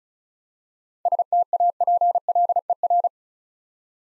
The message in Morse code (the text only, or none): STAPLER